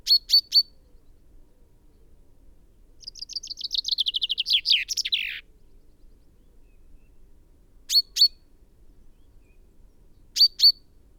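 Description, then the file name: Common chaffinch: a triplet of sharp, high chinks, then a rapid run of repeated notes that descends over about two seconds, followed by further chinks in spaced pairs. "Fringilla coelebs"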